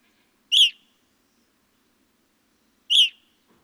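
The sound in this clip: Evening grosbeak producing two loud, ringing, slightly descending call notes about two and a half seconds apart, with silence between.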